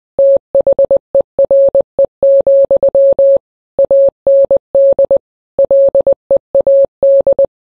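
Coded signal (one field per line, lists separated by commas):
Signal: Morse code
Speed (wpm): 20 wpm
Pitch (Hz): 550 Hz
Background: none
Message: THERE, AND LEAD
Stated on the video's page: Morse code of song lyrics, used in place of music and singing.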